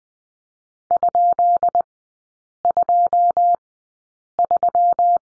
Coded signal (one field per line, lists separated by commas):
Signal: Morse code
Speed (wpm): 20 wpm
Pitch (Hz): 700 Hz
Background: none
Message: ?23